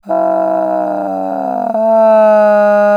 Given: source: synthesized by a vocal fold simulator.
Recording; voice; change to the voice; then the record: sustained vowel; female; asymmetry, level 19 of 51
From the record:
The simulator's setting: 2.80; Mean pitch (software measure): 176 Hz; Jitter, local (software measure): 1.50%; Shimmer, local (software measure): 6.2%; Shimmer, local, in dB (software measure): 0.63 dB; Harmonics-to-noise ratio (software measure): 18.1 dB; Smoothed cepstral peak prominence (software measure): 12.6 dB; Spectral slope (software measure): -25.6 dB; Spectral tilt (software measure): -11.9 dB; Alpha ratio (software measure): -16.1 dB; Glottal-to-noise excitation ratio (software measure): 0.936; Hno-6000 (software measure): 2.6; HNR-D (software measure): 27.8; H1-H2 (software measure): 1.4 dB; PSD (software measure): 2.3e-03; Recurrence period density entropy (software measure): 0.108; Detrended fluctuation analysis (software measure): 0.0297